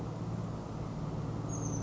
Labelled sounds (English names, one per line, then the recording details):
Oak Titmouse
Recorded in Sonoma County, California